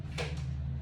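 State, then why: Seated. A blending shaft is pushed firmly onto an immersion blender's motor unit and clicks into place at 0.2 s, a short broadband snap over a steady low hum. The shaft is seated and locked onto the motor base.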